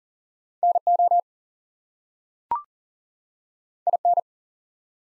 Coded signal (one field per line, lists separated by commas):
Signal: Morse code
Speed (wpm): 39 wpm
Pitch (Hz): 700 Hz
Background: none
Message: NO IN